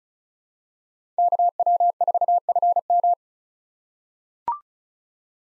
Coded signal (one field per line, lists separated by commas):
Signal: Morse code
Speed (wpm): 34 wpm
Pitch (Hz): 700 Hz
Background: none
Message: KW4FM